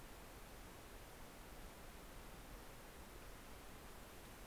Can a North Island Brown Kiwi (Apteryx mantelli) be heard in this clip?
no